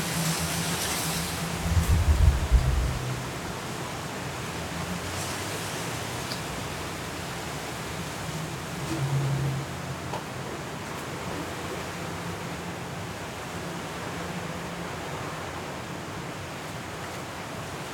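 Hurricane Kay's wind and rain hiss steadily over a low rumble, with a brief louder gust near two seconds and another around nine.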